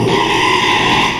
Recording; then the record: squeal of a Yucatan mini pig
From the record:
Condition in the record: after surgery on the right vocal fold (resection and tissue-engineered implant); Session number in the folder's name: 1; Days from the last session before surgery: 6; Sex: male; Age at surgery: 12 weeks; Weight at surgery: 13 kg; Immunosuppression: cyclosporine, prednisolone